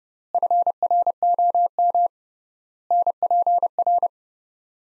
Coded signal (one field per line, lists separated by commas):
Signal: Morse code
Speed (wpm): 30 wpm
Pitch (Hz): 700 Hz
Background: none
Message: FROM NPR